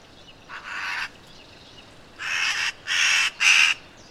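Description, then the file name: Eurasian magpie giving harsh, rasping chatter notes: one note, then after a pause a quick run of three grating calls. "Pica pica"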